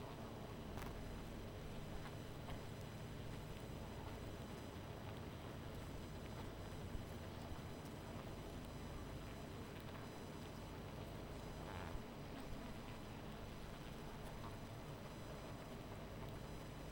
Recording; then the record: honeybee colony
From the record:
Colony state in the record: missing queen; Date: 14 July 2017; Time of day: 23:44